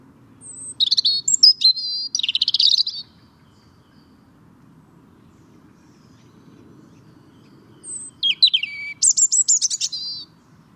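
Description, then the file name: European robin delivering two separate song phrases of high, tinkling whistles and quick trills, separated by several seconds of quiet. "Erithacus rubecula"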